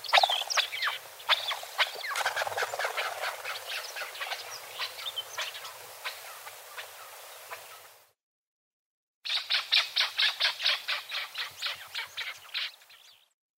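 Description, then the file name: Chukar partridge call: a busy run of hoarse clucking notes, a short silent gap, then a rhythmic burst of loud repeated chucks, with a faint low rumble beneath. "Alectoris chukar"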